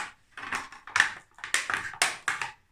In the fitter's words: Yeah, you can hear the click, the noise of the click.